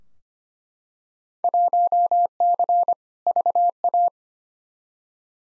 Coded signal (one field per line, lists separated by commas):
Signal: Morse code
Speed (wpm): 25 wpm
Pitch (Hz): 700 Hz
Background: none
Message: 1C VA